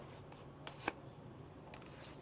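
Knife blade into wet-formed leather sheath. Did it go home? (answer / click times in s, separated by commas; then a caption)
yes / 0.9 s. A knife blade is pushed into a wet-formed, waxed leather sheath, with faint scraping and a small tap near 0.7 s as it slides in. It locks in place with a soft, sharp click at 0.9 s, followed by quiet rustling. The knife is seated in the sheath.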